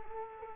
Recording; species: mosquito wingbeat signal from an infrared sensor; Culex quinquefasciatus